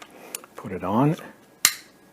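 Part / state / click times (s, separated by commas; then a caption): stair tool onto the end of a vacuum cleaner wand / seated / 1.7 s. A plastic stair tool is pushed onto the end of the wand of a Dyson Ball Animal 2 vacuum cleaner while someone talks. It latches with a single sharp click at 1.6 s and sits firmly in place, sturdy enough that it won't come out.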